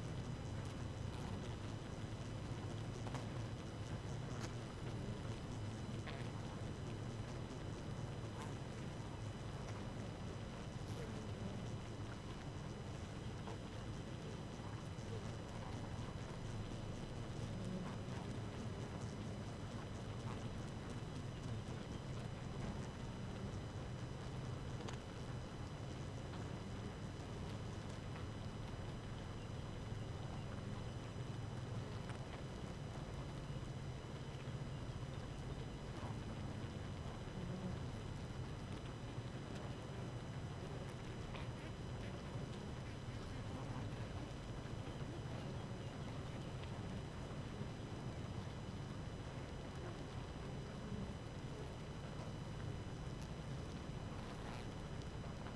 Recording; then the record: honeybee colony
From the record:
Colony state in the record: active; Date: 12 June 2018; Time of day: 4:05